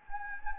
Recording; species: mosquito wingbeat signal from an infrared sensor; Anopheles gambiae